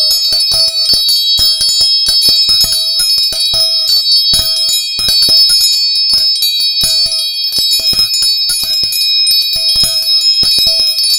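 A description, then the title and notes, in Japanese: Tuning forks ring in steady, bright overlapping tones, struck again every second or so with small metallic clinks, the high hum never fading. 音叉チューニング。639hz。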